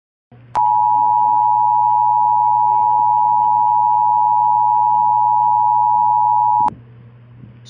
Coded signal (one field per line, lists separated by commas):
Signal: Emergency Alert System (SAME) tones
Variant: 853 and 960 Hz attention tone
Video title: Moocai EAS 2 - Tropical Storm Warning